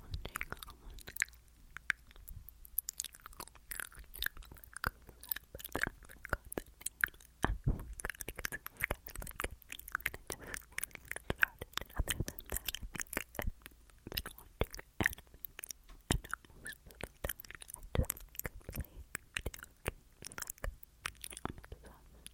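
Dense mouth sounds fill the clip: wet clicks, smacks and crunchy chewing-like snaps arrive in quick, irregular bursts throughout. They are bright and crisp, with no clear words, set against a quiet, low hum.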